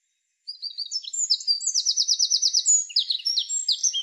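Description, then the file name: Eurasian wren song starting abruptly, a brisk stream of shrill whistled notes and quick trills running without pause to the end. "Troglodytes troglodytes"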